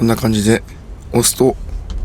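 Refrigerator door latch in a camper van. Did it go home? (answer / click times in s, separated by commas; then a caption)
no / none. Someone talks while pushing the door of a new refrigerator with an automatic lock in a camper van toward closed. The door is handled but not yet home, and the lock has not caught or clicked by the end of the clip.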